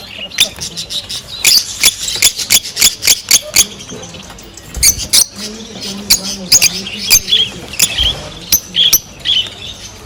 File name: nerazlucniki fisera potryasayushhei krasoty krasivoe penie i cirikane nerazlucnikov fisera